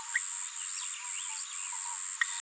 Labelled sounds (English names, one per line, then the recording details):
Green-rumped Parrotlet babbling
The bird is a female
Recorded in a nest box in Venezuela
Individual 17B73B4